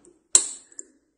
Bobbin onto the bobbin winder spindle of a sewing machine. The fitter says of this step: and what you're going to do is you're going to snap it and you can hear mine